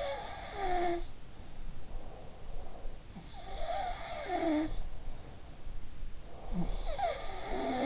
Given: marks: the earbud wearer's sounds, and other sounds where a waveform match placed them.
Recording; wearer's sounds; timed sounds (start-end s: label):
sounds in sleep by an in-ear microphone; breath
0.00-5.67 s: sound from someone else or the room
1.75-3.24 s: breath
6.38-7.86 s: sound from someone else or the room